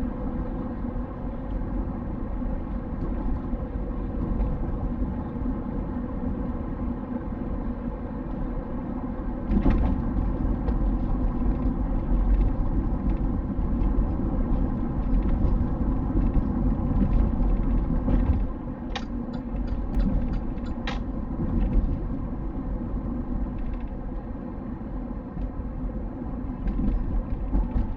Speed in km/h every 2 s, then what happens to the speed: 62, 61, 62, 61, 60, 57, 57, 56, 55, 53, 53, 52, 51, 50.
0-28 slows to 50.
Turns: none.